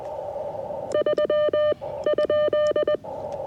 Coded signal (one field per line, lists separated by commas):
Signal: Morse code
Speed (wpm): 20 wpm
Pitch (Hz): 600 Hz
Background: none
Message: 3?